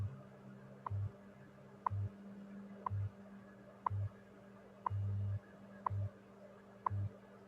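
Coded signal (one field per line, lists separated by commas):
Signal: radio time signal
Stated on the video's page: Sample of an on-air amateur radio digital mode, among nearly 40 signal types heard and shown as waveforms.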